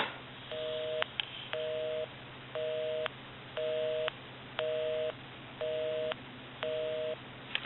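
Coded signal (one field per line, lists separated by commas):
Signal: telephone call progress tone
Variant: North America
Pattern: busy tone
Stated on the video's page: Tones from Western Electric rotary 500 telephones during initial checkout and repair.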